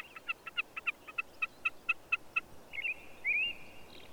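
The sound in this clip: Bird sound: a string of short ticking notes, followed by a slurred, warbled whistle, over a noisy background.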